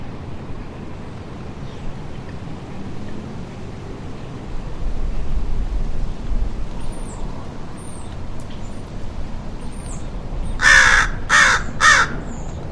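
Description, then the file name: American crow cawing: three harsh, hoarse caws in quick succession near the end, after a stretch of low rumble with faint high chirps. "American Crow Corvus brachyrhynchos"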